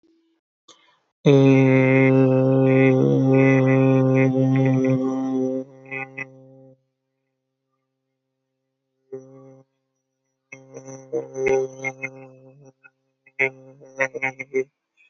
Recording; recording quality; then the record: sustained vowel as in made; excellent, no background noise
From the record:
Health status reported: healthy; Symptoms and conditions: none ticked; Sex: male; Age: 25 years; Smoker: not ticked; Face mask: not worn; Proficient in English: yes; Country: India